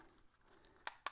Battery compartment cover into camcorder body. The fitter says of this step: it's clicked back in place.